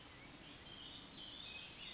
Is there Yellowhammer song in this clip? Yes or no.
no